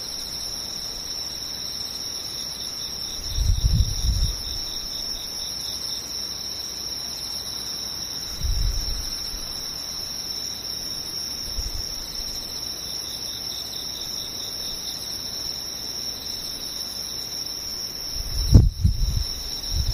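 Insects sing in a steady, dense high chorus that holds unchanged for the whole stretch, several bright bands layered together. Low thumps break in now and then, near 4, 8.5 and 12 seconds, and a sharper knock with rumbling comes around 18.5 seconds.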